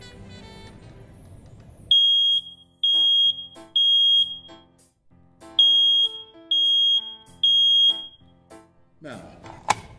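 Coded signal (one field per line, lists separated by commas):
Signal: alarm pattern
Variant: smoke alarm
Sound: loud high-pitched beeps, three in a row, pause, three more, then a clatter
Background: speech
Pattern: temporal three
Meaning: Temporal-three pattern signals a smoke alarm going off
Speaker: generally speaking smoker alarms have three beeps paws and three beeps they sound like this here's a smoke alarm they generally sound like this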